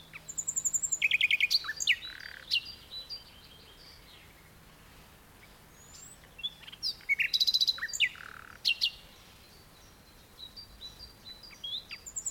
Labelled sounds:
Common Nightingale

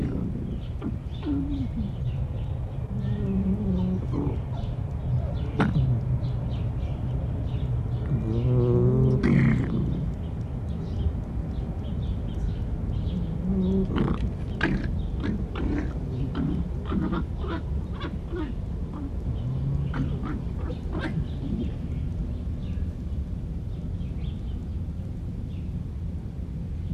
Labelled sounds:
Corsac Fox

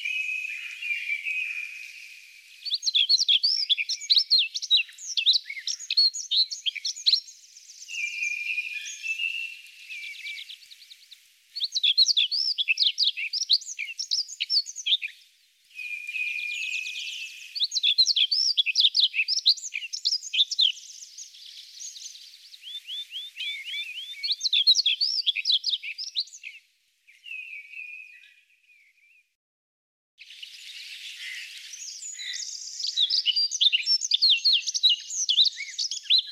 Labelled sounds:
Himalayan Rubythroat song

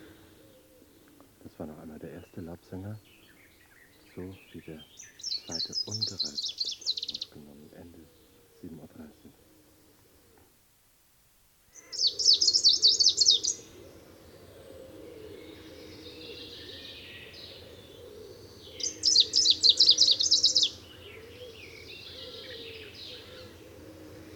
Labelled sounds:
Greenish Warbler song

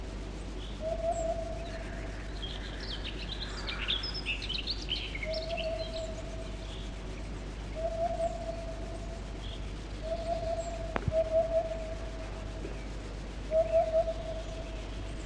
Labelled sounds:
Eurasian Hoopoe

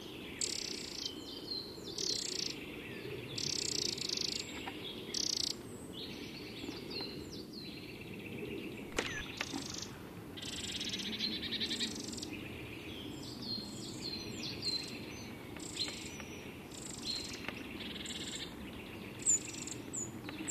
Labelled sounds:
Eurasian Wren call

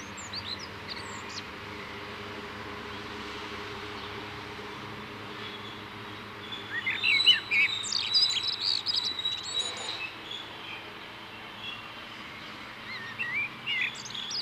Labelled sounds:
Common Blackbird song

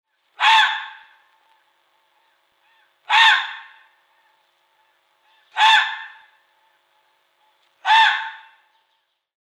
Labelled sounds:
Red Fox

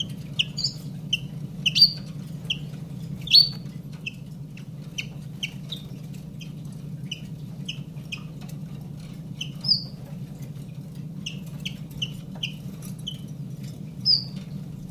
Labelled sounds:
Common Chiffchaff

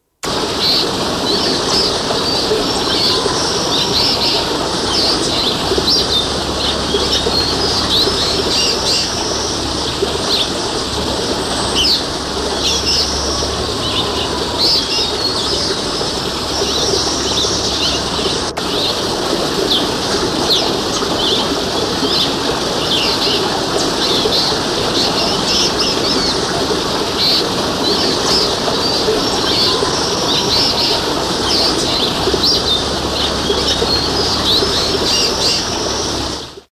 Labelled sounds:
Emerald Starling song

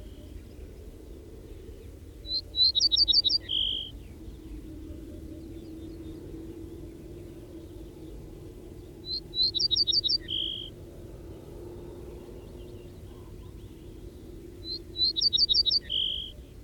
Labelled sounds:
Ortolan Bunting song

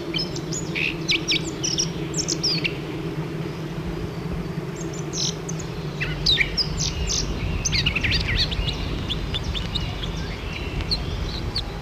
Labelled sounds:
Eurasian Blackcap song

